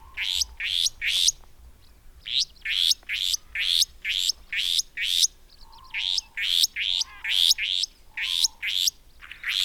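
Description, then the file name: Restless flycatcher calling steadily: rapid, evenly spaced grating notes that sweep upward, in long runs broken by short pauses, with faint low whistles. "Myiagra Inquieta"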